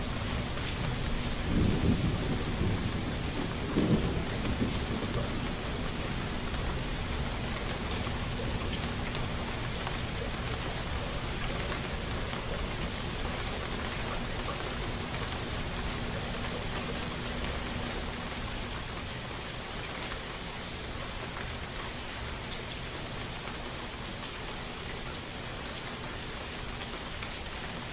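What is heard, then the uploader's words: Steady rain falls on a surface through a gentle thunderstorm, a dense, even hiss with scattered drop patter across the highs. Early on, around two and four seconds, brief low rumbles swell and fade. Afterward the rain continues unchanged, easing slightly toward the end. Immerse yourself in the sounds of a gentle thunderstorm.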